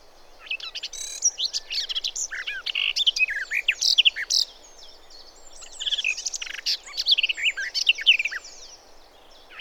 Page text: Голоса живой природы(Tony Whitehead) - Славка садовая